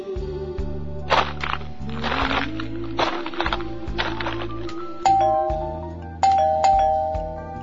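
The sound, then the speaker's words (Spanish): A doorbell at the door of the house of Mu de Aries chimes twice, bright ringing tones that linger and fade, over a steady rhythmic backing of low music with sharp percussive bursts. “Muchachos, toquemos la puerta para que nos abran la casa de Mu de Aries.”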